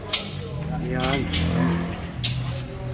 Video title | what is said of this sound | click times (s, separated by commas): NEGOSYONG TENT RENTAL TIPS and tutorial | So yun, nakalock na rin doon. | 2.2 s